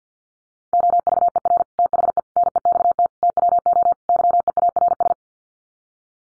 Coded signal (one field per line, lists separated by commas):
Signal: Morse code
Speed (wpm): 50 wpm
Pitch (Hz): 700 Hz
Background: none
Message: OVER THE NEXT TWO YEARS